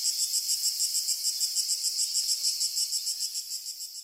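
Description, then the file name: Cricket: a shrill, evenly pulsed trill repeating several times a second, fading slightly toward the end. "canary crickets"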